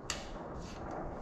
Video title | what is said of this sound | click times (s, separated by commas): Fat Bike “Gravel” Conversion - Salsa Mukluk All Terrain Bike | put the rear brake on and then push down and it'll snap into place | 0.1 s